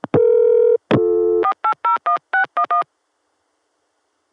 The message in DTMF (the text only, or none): 4801611